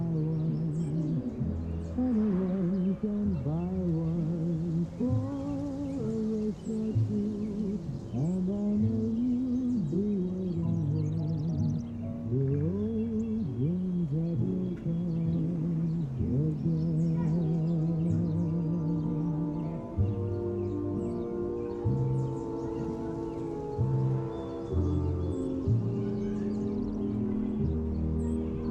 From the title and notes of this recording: Summer oldies playing in another room.